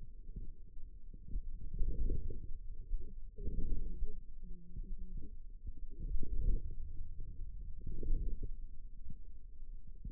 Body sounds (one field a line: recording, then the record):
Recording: forearm muscle sounds (acoustic myography)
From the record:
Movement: inward rotation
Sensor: system 2, bracelet of six BSWA MPA416 microphones around the upper forearm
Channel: 4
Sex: female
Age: 21 years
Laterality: right